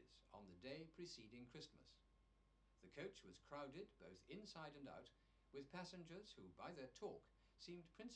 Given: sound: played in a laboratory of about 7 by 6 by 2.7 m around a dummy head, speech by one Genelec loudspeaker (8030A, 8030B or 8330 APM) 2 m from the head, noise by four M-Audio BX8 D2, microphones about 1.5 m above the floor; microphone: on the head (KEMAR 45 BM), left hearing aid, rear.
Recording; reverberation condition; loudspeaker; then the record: male speech in English; low; 150 degrees to the left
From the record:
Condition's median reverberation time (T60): about 310 ms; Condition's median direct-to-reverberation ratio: about 3.5 dB